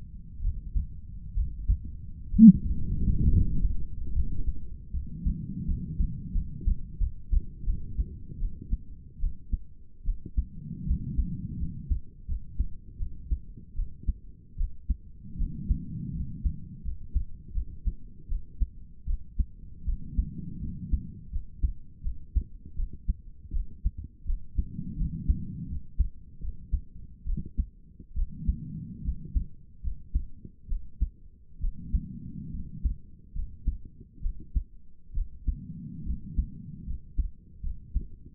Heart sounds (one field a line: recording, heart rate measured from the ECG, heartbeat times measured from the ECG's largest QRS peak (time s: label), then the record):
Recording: heart sounds by stethoscope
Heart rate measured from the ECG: 76 bpm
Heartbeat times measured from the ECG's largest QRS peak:
0.42 s: heartbeat
1.35 s: heartbeat
2.31 s: heartbeat
3.29 s: heartbeat
4.13 s: heartbeat
4.92 s: heartbeat
5.66 s: heartbeat
6.33 s: heartbeat
6.99 s: heartbeat
7.65 s: heartbeat
8.40 s: heartbeat
9.20 s: heartbeat
10.05 s: heartbeat
10.86 s: heartbeat
11.59 s: heartbeat
12.27 s: heartbeat
12.99 s: heartbeat
13.76 s: heartbeat
14.57 s: heartbeat
15.38 s: heartbeat
16.13 s: heartbeat
16.84 s: heartbeat
17.54 s: heartbeat
18.28 s: heartbeat
19.06 s: heartbeat
19.86 s: heartbeat
20.61 s: heartbeat
21.32 s: heartbeat
22.03 s: heartbeat
22.76 s: heartbeat
23.53 s: heartbeat
24.26 s: heartbeat
24.97 s: heartbeat
25.68 s: heartbeat
26.41 s: heartbeat
27.26 s: heartbeat
28.15 s: heartbeat
29.04 s: heartbeat
29.83 s: heartbeat
30.68 s: heartbeat
31.61 s: heartbeat
32.52 s: heartbeat
33.34 s: heartbeat
34.22 s: heartbeat
35.14 s: heartbeat
36.05 s: heartbeat
36.86 s: heartbeat
37.62 s: heartbeat
From the record:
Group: healthy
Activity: Valsalva maneuver 0-3 s, rest 3-38 s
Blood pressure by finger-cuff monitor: 94/62 mmHg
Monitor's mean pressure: 74 mmHg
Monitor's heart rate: 73 bpm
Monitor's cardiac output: 6.2 L/min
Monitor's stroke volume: 79 mL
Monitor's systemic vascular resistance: 850 dyn s/cm5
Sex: female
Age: 22 years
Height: 163 cm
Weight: 67.1 kg